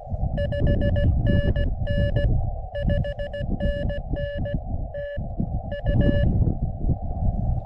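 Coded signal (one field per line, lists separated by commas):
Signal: Morse code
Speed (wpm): 16 wpm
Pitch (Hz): 1750 Hz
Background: none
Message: 5NN 5NN TU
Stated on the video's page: Summits on the Air activation and chasing from a summit.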